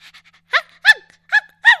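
Dog giving four short, high yaps, some sliding down in pitch, after a few soft sounds at the start.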